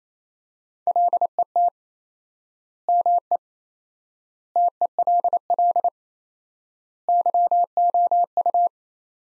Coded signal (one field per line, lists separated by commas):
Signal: Morse code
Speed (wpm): 28 wpm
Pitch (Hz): 700 Hz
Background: none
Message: LET ME TELL YOU